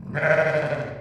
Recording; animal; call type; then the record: contact call of a hoofed animal; sheep; low-frequency (closed-mouth) or high-frequency (open-mouth) call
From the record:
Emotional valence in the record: negative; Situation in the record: short social isolation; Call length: 1.02 s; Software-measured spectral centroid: 1460 Hz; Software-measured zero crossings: 1450 a second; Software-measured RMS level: -23 dBFS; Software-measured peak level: -6 dBFS